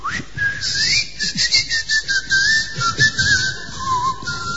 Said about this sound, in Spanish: No, con mi voz, como usted acaba de decir. Ah, con la voz. O mi voz o con mi chiflido.